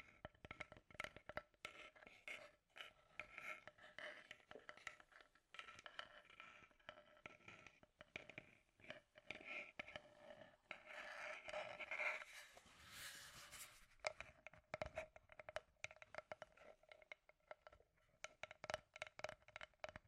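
Scratchy tapping runs the whole way through, a dense, uneven stream of dry clicks and taps on what sounds like wood. Around the middle, from about eleven to fourteen seconds, a brighter rasping scrape swells over the taps, then the sparse clicking returns.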